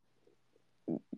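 Two short low gurgling bursts of stomach rumbling, ordinary bowel sounds from digestion in an adult's stomach.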